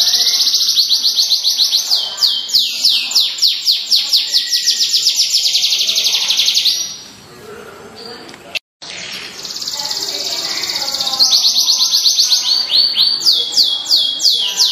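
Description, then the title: Canary song with rapid repeated whistled sweeps, breaking off for about two seconds of near silence and a brief dropout, then resuming with further fast trills. Small standard canary, a contest-performing songbird, from Indonesia. "Kenari Standart Kecil Prestasi"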